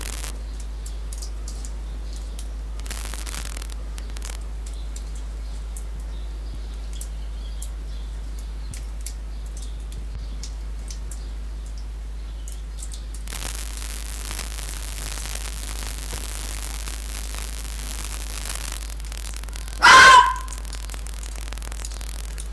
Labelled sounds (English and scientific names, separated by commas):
Arctic Fox (Vulpes lagopus)